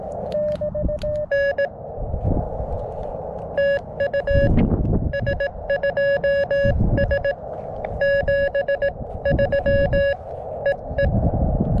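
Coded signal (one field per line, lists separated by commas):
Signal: Morse code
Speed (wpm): 18 wpm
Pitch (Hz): 1700 Hz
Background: none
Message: N TU S2S 73 E E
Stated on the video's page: Morse from a Summits On The Air activation on a hilltop, working stations including New Zealand.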